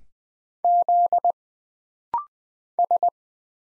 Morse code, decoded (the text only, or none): Z S